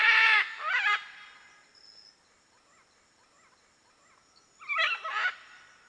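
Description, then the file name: Red-and-green macaw: harsh, raspy squawks at the start and again near the end, with a lull and faint soft chatter between. "Canto da Arara vermelha"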